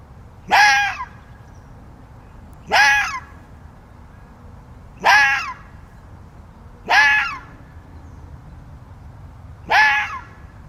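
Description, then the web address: Fox cries: five hoarse, harsh calls repeated at short intervals over a quiet background hiss. "as a fox cries listen"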